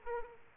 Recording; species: mosquito wingbeat signal from an infrared sensor; Aedes aegypti